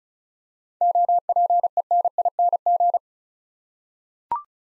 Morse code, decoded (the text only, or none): OPENING